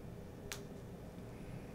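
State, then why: Released. A plastic roller/slide clamp on an IV antibiotic infusion line is released by pulling its lip back until it clicks open. A sharp, short click sounds at 0.5 s against a steady low hum. A fainter tick follows near 1.8 s.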